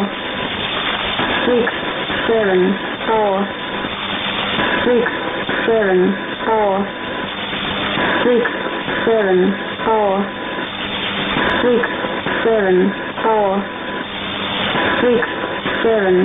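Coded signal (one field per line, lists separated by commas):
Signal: numbers station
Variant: E17z English Lady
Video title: 04 01 2018 Numbers station E17z English Lady in English to Eu 0810 on 9820 unknown tx site in CUSB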